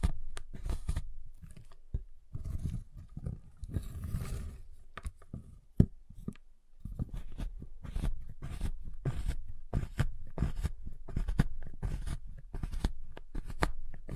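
A giant chocolate bar is tapped and handled in a dense run of short, sharp knocks and crackles, some low and thudding, some bright and clicky. A louder snap stands out near six seconds, and the irregular tapping continues steadily to the end.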